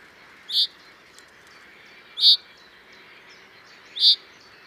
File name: Fringilla coelebs